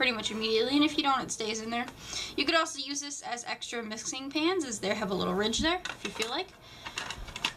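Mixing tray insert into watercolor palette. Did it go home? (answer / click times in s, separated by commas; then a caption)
yes / 7.4 s. A removable plastic mixing tray insert is pressed back into a watercolor travel palette while someone talks. A few short clicks and taps come near the end, and the insert pops into place at 7.5 s.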